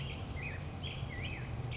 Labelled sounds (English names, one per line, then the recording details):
Black-headed Grosbeak
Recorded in Sonoma County, California